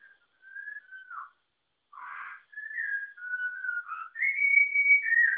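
Malabar whistling thrush giving a rambling series of clear, fluty whistles, some slurred downward and others rising, ending in a long sustained high note.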